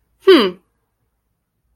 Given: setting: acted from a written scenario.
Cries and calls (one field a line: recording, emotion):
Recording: vocal sound without words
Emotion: contempt